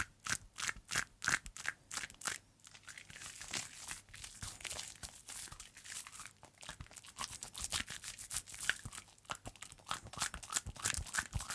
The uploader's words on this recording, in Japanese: 癒される泡の音…手をこするハンドサウンド/手洗い Hand Washing【ASMR】。